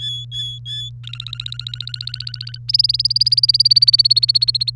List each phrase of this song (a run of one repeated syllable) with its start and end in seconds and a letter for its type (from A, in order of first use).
0.00-0.90 A, 1.04-2.58 B, 2.68-4.70 C